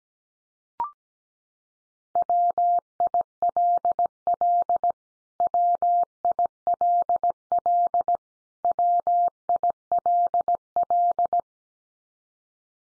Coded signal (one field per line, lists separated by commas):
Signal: Morse code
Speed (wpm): 17 wpm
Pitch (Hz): 700 Hz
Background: none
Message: WILL WILL WILL